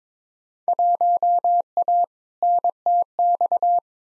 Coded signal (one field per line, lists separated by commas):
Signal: Morse code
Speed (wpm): 22 wpm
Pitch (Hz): 700 Hz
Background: none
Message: 1A NTX